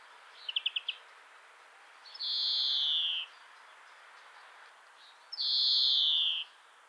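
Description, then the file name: European greenfinch: a brief rattling trill, then two long nasal wheezes, each about a second, sliding slightly downward, roughly three seconds apart. "Chloris chloris"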